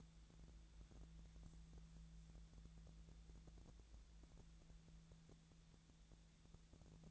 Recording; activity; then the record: daily activity, microphone in the room; wipe stove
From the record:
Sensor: 3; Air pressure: 1000.5 hPa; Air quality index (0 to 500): 174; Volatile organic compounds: 3 ppm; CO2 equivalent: 1505 ppm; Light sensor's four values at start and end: 12/30/12/13 and 12/30/12/13